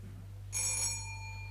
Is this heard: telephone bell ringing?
yes